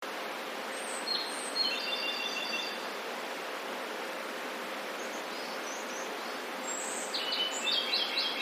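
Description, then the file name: Ryukyu robin song: two trilled, quavering phrases of high notes, one early and one near the end, behind a loud steady hiss. "akahige"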